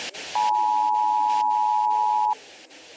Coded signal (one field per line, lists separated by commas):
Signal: Emergency Alert System (SAME) tones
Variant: 853 and 960 Hz attention tone